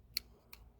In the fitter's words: until it clicks.